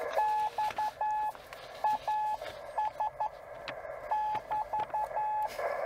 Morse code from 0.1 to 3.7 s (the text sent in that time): XAS